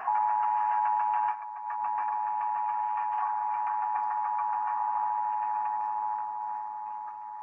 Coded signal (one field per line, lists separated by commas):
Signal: Emergency Alert System (SAME) tones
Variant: 853 and 960 Hz attention tone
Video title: KFBK 1530 Required Monthly Test (EAS #918)